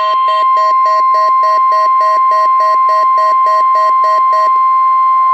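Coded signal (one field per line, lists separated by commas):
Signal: Emergency Alert System (SAME) tones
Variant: 1050 Hz attention tone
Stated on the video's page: Required Weekly Test from NOAA Weather Radio KEC65 Minneapolis, received on a WR100 weather radio, with tornado siren.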